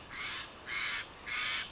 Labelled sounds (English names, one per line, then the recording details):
Steller's Jay
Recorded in Sonoma County, California